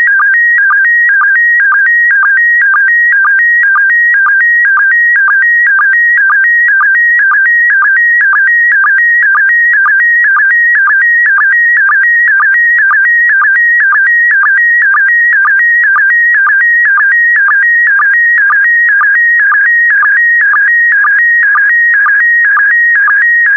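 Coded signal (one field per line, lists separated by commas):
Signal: SSTV (slow-scan television)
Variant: PD120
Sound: steady warbling electronic tones with regular low blips about twice a second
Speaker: Five, four, three, two, one. Transmission complete. You can now check your decoded image against the picture that is shown on the video.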